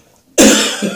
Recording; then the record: coughing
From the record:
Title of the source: Spring Cold Coughing.